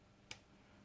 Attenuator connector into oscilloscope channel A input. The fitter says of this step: that's all locked into place and we need